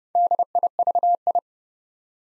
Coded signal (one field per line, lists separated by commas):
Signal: Morse code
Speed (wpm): 28 wpm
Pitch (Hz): 700 Hz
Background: none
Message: DIVI